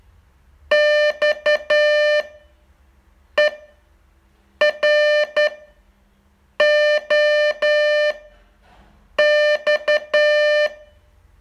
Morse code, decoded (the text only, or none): XEROX